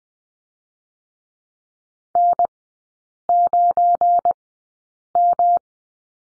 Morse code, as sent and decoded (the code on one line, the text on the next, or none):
-. ----. --
N9M